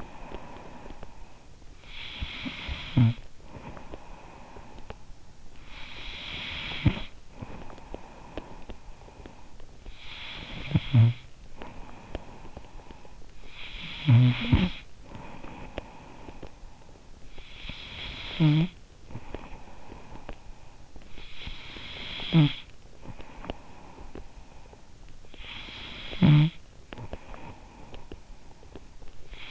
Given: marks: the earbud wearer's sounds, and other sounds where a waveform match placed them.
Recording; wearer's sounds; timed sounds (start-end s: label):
sounds in sleep by an in-ear microphone; snoring breath
0.00-29.51 s: snoring breath